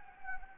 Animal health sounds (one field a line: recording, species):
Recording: mosquito wingbeat signal from an infrared sensor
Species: Anopheles gambiae